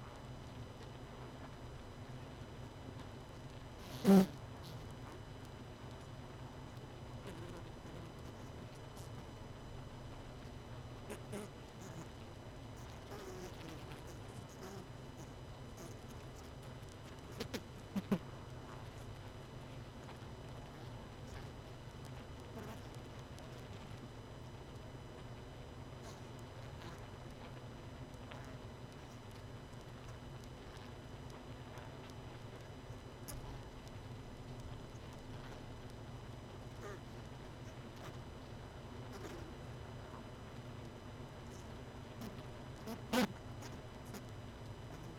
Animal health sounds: honeybee colony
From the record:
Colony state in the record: missing queen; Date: 31 May 2018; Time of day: 21:34

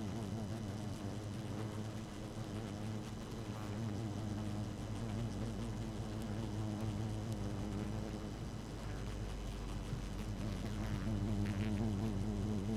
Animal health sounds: honeybee colony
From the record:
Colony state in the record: active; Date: 12 June 2018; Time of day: 0:13

